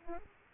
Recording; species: mosquito wingbeat signal from an infrared sensor; Aedes aegypti